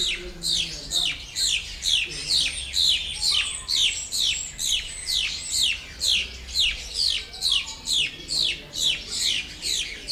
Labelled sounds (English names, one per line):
Grosbeak Starling